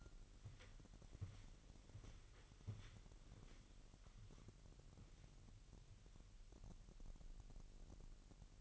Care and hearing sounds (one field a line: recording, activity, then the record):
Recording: daily activity, microphone in the room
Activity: walk to room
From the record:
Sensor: 4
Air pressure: 1002.8 hPa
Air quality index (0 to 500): 249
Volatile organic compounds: 11 ppm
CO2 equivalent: 2307 ppm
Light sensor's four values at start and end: 9/20/8/8 and 10/22/9/9